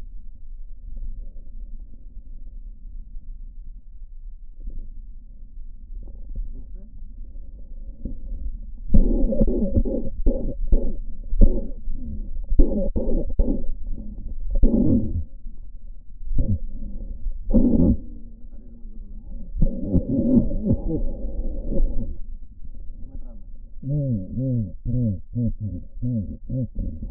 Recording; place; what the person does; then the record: lung sounds by stethoscope; right posterior apical chest; quiet breathing, then cough and speech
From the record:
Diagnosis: pulmonary infection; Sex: male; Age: 74 years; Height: 171 cm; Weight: 80 kg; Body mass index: 27.4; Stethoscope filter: diaphragm mode